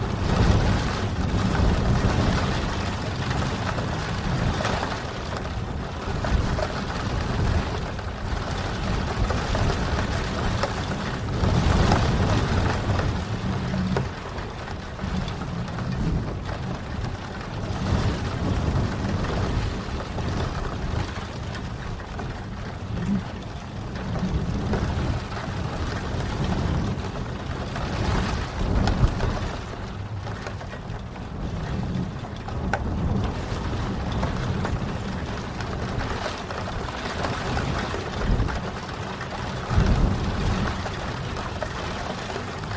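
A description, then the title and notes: Rain falls in a dense, unbroken wash for the whole stretch, with a heavy low rumble underneath. The level swells and eases irregularly, with brief louder surges of spatter and rumble around 12, 29 and 40 seconds. Serene Rain Sounds.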